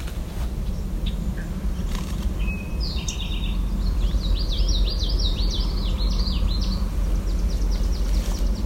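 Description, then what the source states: Eastern Towhee song, a short note or two followed by a high trill, over loud low rumbling traffic-like noise. Drink-your-tea song, at Fletcher Creek Ecological Preserve.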